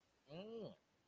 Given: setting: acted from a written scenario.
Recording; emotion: vocal sound without words; disgust